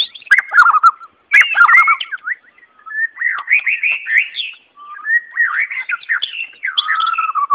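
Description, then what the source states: White-rumped shama song, softer varied warbling whistles and quick note runs, with a few sharp clicks early on. Song, Malaysia.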